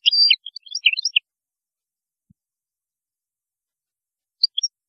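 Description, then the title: European goldfinch song: one brief burst of high, tinkling twitters, then silence and a few closing notes. "Chant Chardonneret"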